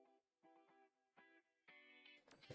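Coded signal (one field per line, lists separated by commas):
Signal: none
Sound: game's notification chime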